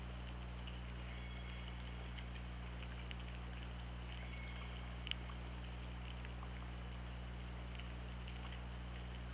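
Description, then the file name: Killer whale calls heard as thin, drawn-out whistled tones with sparse clicks, buried in a constant low hum and background hiss. Hydrophone recording from OrcaLab, 24 August 2017, around 20:52. "Orca Lab UTLN JASON 20170824 205203"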